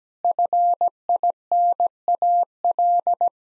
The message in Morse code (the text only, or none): FINAL